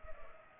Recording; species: mosquito wingbeat signal from an infrared sensor; Culex pipiens